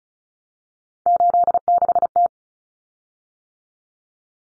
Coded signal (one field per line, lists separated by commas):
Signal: Morse code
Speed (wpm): 34 wpm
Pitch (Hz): 700 Hz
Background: none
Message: 86T